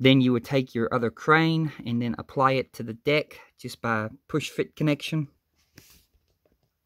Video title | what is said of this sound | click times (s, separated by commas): titanic hachette agora models shipment 17 review | having it to snap into place and then you'll be greeted with two cranes on the back of your ship | 5.8 s